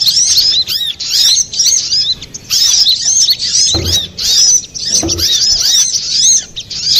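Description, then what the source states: Little spiderhunter chatter: high, scratchy, rapid notes in long dense phrases separated by short breaks, with a couple of low thumps. Master recording for training cage birds.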